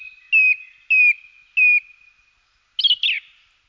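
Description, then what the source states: Song thrush: the same clear, slightly falling whistle repeated three times at even intervals, then a burst of rougher, fluttering notes. Contact call.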